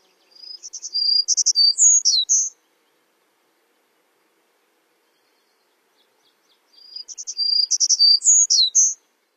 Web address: Songs of Birds of North America Stokes. Townsends Warbler